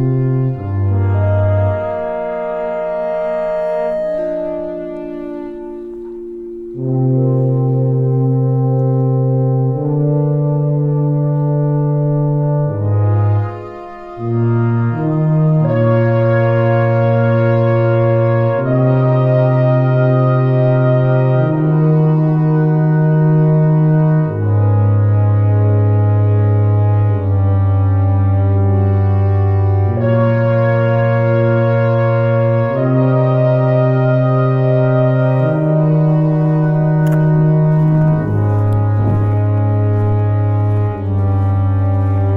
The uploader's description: field recordings of walking in the snow, a brass quintet, sine waves